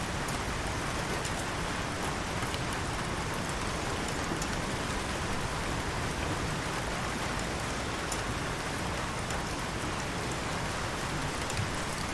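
Rain falls steadily onto the surface of a calm canal, a dense, even patter with occasional brighter drop ticks throughout.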